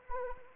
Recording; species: mosquito wingbeat signal from an infrared sensor; Anopheles arabiensis